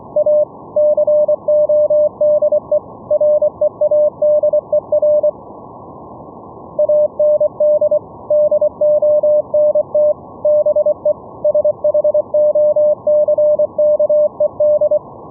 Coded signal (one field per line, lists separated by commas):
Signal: Morse code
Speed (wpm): 24 wpm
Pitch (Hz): 600 Hz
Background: none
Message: A CODE READER AND DONT BE SHOCKED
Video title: Raspberry Pi RTSP SERVER for Morse Code VLF RF over ip FULL DUPLEX CW NET operations - LIVE demo